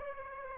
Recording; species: mosquito wingbeat signal from an infrared sensor; Aedes aegypti